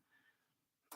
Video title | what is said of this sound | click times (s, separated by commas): Monday LIVE! Track Plan in the Making | pick this switch control up and just flip it and it locks in place | 0.9 s